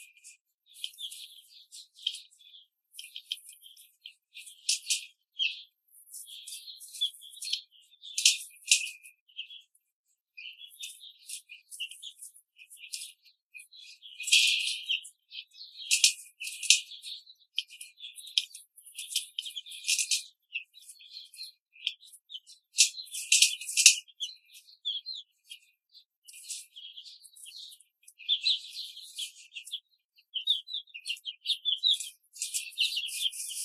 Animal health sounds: young laying hens in a cage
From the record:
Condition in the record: control cage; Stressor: none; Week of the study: 5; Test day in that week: 1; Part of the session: 3

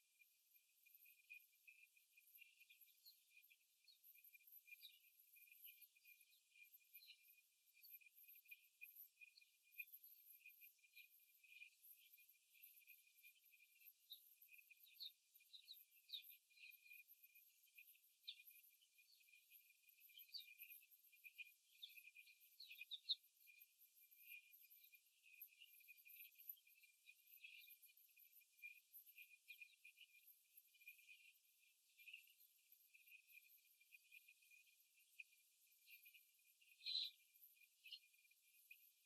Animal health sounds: young laying hens in a cage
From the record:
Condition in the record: after the stressor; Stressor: simulated dog barking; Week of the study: 3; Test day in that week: 2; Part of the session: 1

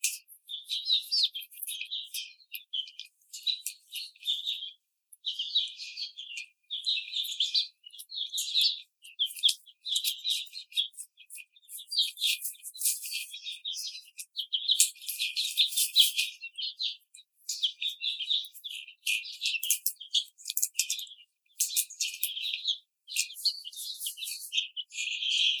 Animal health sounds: young laying hens in a cage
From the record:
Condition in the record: treatment cage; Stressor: simulated dog barking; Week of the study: 5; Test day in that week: 1

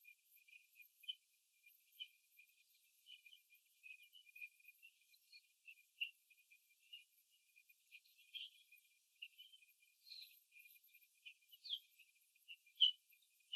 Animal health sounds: young laying hens in a cage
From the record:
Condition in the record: before the stressor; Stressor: simulated dog barking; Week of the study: 2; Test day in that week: 3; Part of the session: 2

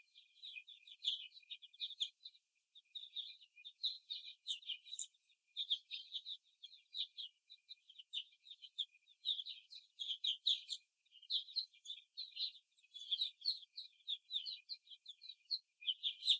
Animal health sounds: young laying hens in a cage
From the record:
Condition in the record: before the stressor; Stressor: simulated dog barking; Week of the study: 1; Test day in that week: 2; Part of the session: 2

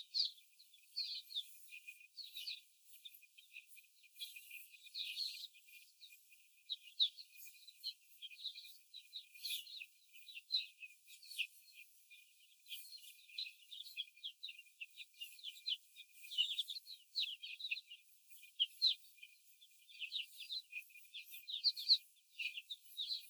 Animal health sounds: young laying hens in a cage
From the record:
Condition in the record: before the stressor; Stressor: simulated dog barking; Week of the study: 4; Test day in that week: 1

